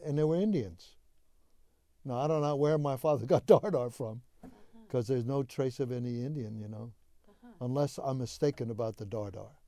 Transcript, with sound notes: And they were Indians. Now, I don't know where my father got Dardar from. [chuckles] Because there's no trace of any Indian, you know.
Uh-huh.
Unless I'm mistaken about the Dardar.